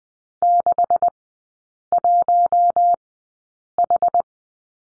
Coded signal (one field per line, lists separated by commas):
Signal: Morse code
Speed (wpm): 20 wpm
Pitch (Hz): 700 Hz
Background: none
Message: 61H